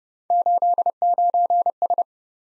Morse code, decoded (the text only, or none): 89S